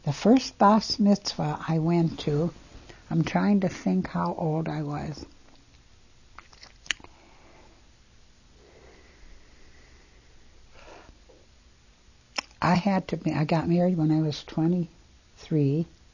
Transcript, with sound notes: The first Batz Mitzvah I went to, I'm trying to think how old I was. [pause] I had to be. I got married when I was twenty-three.